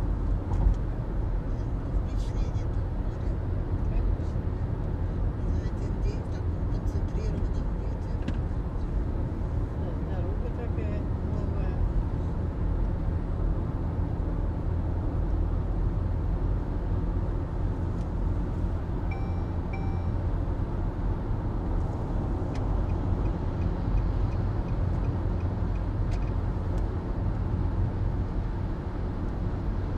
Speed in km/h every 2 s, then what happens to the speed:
94, 93, 92, 91, 92, 95, 98, 101, 104, 105, 104, 105, 107, 109, 110.
0-7 steady at about 92. 7-30 speeds up to 110.